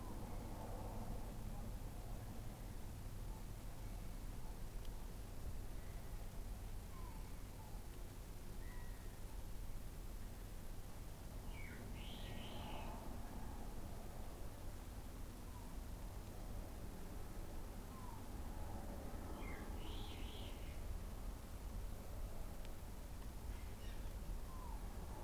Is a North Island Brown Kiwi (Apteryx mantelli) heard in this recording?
no